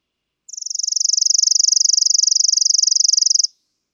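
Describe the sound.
Chipping sparrow: one steady, high-pitched rattling trill of rapid identical chips, swelling slightly at the start and lasting about three seconds.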